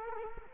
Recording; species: mosquito wingbeat signal from an infrared sensor; Culex quinquefasciatus